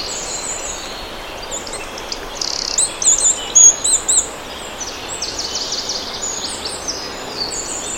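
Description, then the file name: Eurasian wren calls: a cluster of high, thin chirps and ticks around the middle seconds over a steady hiss, with quieter high notes continuing afterward. "Troglodytes troglodytes"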